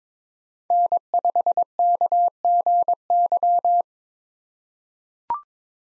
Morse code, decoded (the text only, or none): N5KGY